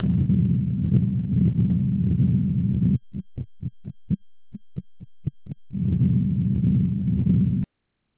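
Continuous low rumbling machinery murmur surrounding rapid heart sounds, heard over the heart with a stethoscope, typical of a patent ductus arteriosus.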